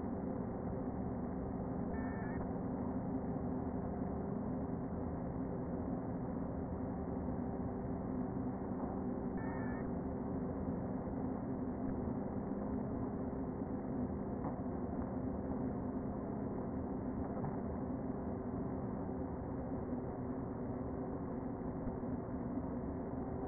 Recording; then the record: honeybee colony, microphone inside the hive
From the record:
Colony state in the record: queen present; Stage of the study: before two queens were removed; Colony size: about 60,000 bees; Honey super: yes